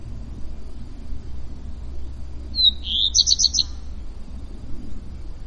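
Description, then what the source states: Common redstart: a single brief song, a whistle then rapid repeated high notes, set against low background rumble. Around 27 May 2016.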